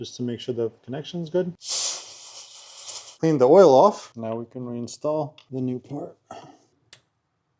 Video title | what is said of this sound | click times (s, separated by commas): Mercedes-Benz GLA 250 PCV Valve, Thermostat, Intake Valve Cleaning! | Perfect. Nice click. | 6.9 s